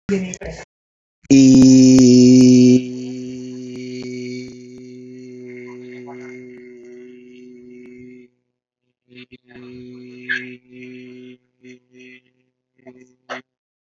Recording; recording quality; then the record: sustained vowel as in beet; excellent, no background noise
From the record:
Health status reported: exposed to COVID-19, no respiratory illness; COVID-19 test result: negative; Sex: male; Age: 32 years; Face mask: worn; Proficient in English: yes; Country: India